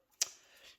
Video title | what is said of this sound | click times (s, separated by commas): Unboxing and Review of the GLAP PLAY Gamepad for Samsung Smartphones | game pad just locks into it closes and locks into place right and the phone is is | 0.2 s